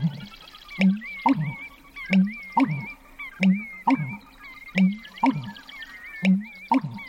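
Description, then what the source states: American bittern pumping: low, hollow gulping booms repeated many times, with other birds whistling in the background. Male in a cattail marsh, recorded at dawn as it got light after approaching by canoe at 4 in the morning; pumped vigorously at first light.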